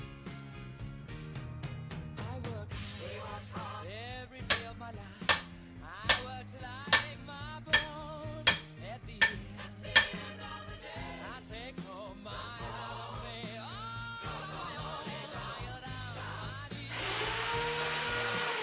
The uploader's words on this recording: Tony Stark's Lab Ambience ASMR. This audio features mechanical whirring, tinkering sounds (hammering, drillling, etc), music.